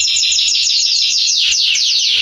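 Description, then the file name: Belgian canary song: a steady, fast series of high descending sweeps repeated many times a second without a break. "canto do canario belga salsa"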